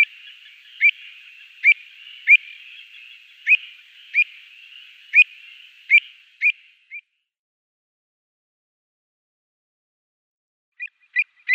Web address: Schulze Peter Avocet